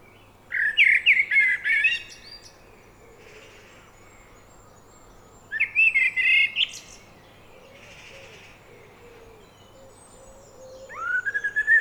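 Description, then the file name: Common blackbird song in separate phrases about five seconds apart, each a fluty warble ending in high scratchy twitters. A third phrase begins at the end. "Turdus merula"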